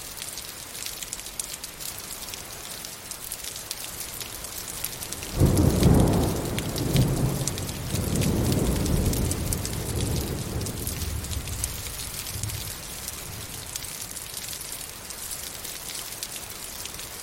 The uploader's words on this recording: Awesome rain & thunder. The rhythmic patter of rain and the occasional rumble of thunder. Awesome rain and thunderstorm.